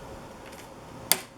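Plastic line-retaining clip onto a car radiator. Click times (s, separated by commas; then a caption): 1.1 s. A plastic line-retaining clip is pressed down hard onto the new radiator of a 2006 Chrysler Town and Country. After a quiet stretch of low background noise, a single sharp, bright pop at 1.1 s shows it snapping into place. The clip is seated.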